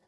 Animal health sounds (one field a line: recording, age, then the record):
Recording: pig call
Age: piglet (1 to 25 days)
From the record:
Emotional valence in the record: positive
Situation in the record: short reunion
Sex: female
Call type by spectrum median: low-frequency call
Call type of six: low-frequency stable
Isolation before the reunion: 3 minutes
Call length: 0.08 s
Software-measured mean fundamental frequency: 42 Hz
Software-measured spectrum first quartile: 506 Hz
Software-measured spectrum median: 1254 Hz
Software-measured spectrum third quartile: 5999 Hz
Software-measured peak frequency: 537 Hz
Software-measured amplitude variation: 29 dB a second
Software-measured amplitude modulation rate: 6.2 a second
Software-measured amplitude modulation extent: 4.7 dB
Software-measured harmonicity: 1.5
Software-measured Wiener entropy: -2.32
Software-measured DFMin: 1164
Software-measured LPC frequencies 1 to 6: 699, 1849, 3401, 4347, 4992, 5953 Hz